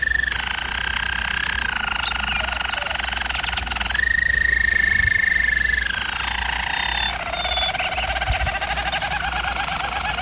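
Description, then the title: German Roller canary song: long buzzing rolls alternating between higher and lower tours, with a brief burst of quick high notes. German Roller canary singing, for canary training. "German Roller Canary Singing - Canary Training Vid"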